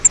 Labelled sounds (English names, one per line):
Grace's Warbler flight call